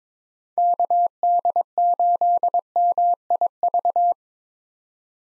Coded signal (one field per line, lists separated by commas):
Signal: Morse code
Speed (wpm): 22 wpm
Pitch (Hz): 700 Hz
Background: none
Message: KD8MIV